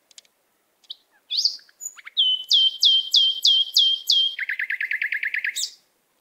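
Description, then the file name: Canary song with a rising note, then a rhythmic series of slurred whistles, switching to a faster, lower rattling trill before ending. "Canary Voice"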